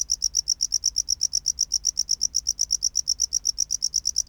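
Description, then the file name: Tropical house cricket chirping: bright, regular, rapid high pulses, clean and uninterrupted. "Bio Acoustica Gryllodes sigillatus"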